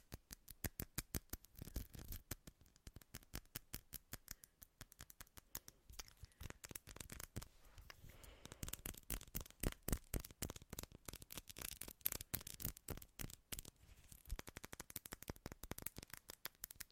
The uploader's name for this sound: ASMR INTENSE TAPPING